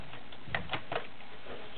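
After the previous cam is removed, a plastic triple-stitch pattern cam is pressed onto the cam holder of a vintage 1980 Kenmore convertible cam sewing machine. A sharp tick at 0.6 s is followed by two softer ticks at about 0.7 s and 1.0 s over a quiet background. The cam seats and is on.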